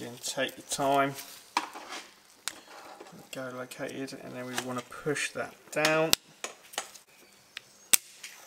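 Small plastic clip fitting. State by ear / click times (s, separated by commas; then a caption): seated / 7.9 s. On a 2015 VW Passat 2.0 TDI with a broken bonnet, a bonnet release cable fitting is located and pushed down into its plastic holder while someone talks. Faint handling taps follow, then a loud, sharp click at 7.9 s as the fitting clips into place and is seated.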